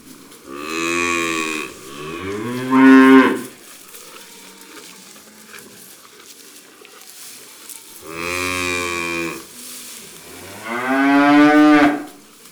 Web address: La vache. un jour a la ferme